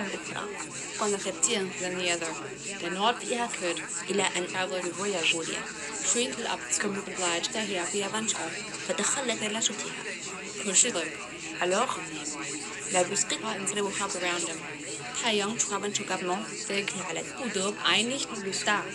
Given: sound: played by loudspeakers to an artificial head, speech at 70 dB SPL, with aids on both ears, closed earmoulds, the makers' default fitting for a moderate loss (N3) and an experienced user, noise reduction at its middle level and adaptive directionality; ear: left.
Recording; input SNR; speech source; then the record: speech test signal (ISTS) in cocktail-party noise; -3 dB; in front (0 degrees)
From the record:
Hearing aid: class 2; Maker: E